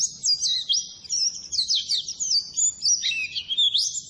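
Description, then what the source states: White-eye song: fast, thin high chirps sweeping downward, then a lower twisting warble near the end, all in one continuous burst. Masteran training song for cage birds; a gacor (constantly singing) pleci described as ngalas.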